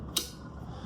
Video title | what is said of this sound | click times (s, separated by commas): Essential eBike Upgrades: Foldylock Forever Bike Lock & Fenix BC22R Bike Light! | So you hear that click in, and then that thing is not going anywhere. | 0.2 s